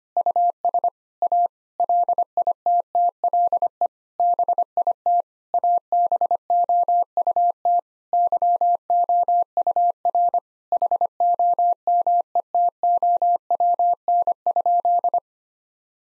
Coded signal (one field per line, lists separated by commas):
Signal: Morse code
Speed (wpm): 25 wpm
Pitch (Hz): 700 Hz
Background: none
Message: US A LITTLE BIT ABOUT YOUR HOMETOWN?